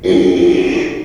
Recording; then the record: squeal of a Yucatan mini pig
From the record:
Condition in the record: after surgery on the right vocal fold (resection and tissue-engineered implant); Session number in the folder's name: 2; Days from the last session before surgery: 13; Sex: male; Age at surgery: 12 weeks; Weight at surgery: 13 kg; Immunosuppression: cyclosporine, prednisolone